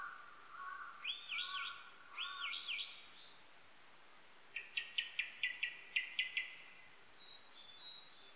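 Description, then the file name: Japanese thrush song: looping fluty whistles over a steady background hiss, then a quick series of sharp repeated notes and thin high whistles. Recorded on 19 April 1998. "980419 kurotugumi"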